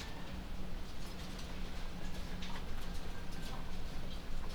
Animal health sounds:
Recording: poultry house recording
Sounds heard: sick chickens (respiratory disease)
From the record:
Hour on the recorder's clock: 2

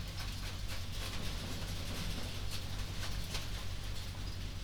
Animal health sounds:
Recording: poultry house recording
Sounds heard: no chicken sound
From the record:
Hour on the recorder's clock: 21

